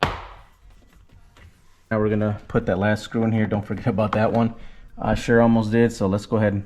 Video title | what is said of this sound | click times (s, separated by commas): 2020-2024 Kia Telluride Mirror Replacement - EASY Step-By-Step 👌🏽 | this should just snap right in | 0.0 s